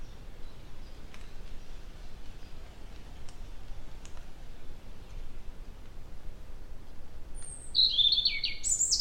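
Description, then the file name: European robin song: quiet background for several seconds, then a high, thin warbling phrase begins and is cut off at the end. "Erithacus rubecula"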